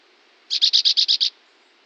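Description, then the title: Chestnut-bellied euphonia call: a rapid burst of seven harsh, buzzy, metallic notes in under a second, over a faint steady background hiss. Passerine of the family Fringillidae; measures 11.5 cm long, and the male weighs about 16.5 g. "Ferro Velho"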